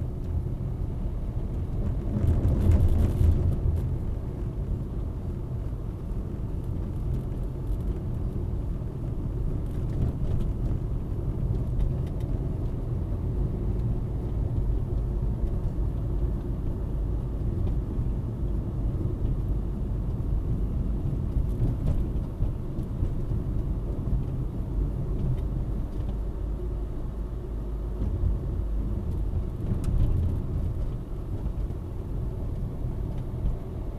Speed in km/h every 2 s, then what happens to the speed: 30, 33, 34, 33, 34, 34, 37, 39, 40, 38, 36, 35, 39, 40, 38, 34, 32.
0-14 speeds up to 39. 14-25 steady at about 38. 25-34 slows to 32.